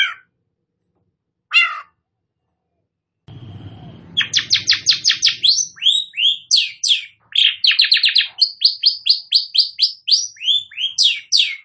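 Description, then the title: Long-tailed shrike song: a few isolated high notes, then a fast run of sharp descending chirps and varied warbled phrases, with brief low rumbling. Described as gacor, singing actively. "Cendet Gacor"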